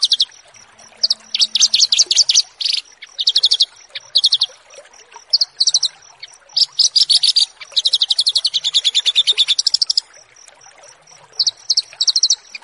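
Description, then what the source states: Horsfield's bush lark song in repeated bursts of fast, high, buzzy chirping separated by short pauses, over a steady series of faint high ticks. Bird-keeping song tutoring recording of a Horsfield's bush lark.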